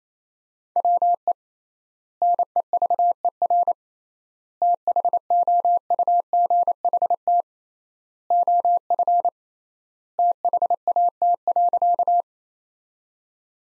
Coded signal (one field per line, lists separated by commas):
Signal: Morse code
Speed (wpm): 28 wpm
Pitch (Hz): 700 Hz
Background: none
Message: WE NEVER THOUGHT OF THAT.